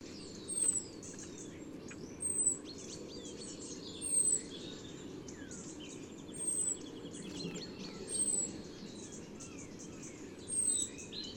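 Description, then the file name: European robin singing high, thin whistled phrases with sliding notes, with recurring louder very high strophes, over a low rumble. "Erithacus rubecula"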